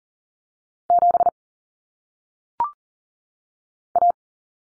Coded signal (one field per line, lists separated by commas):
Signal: Morse code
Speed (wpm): 40 wpm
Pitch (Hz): 700 Hz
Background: none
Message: 7 A